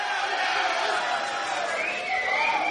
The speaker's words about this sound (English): So here we are with a big, beautiful event here at Camacho's. We do this show every year. We have a large, loud, and frequently drunken crowd here. Are you boys drinking heavily out here?